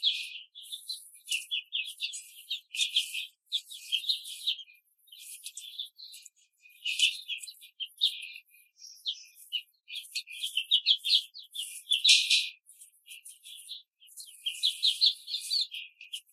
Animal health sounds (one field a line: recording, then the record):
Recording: young laying hens in a cage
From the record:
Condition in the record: control cage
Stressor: none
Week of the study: 5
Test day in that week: 1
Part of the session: 4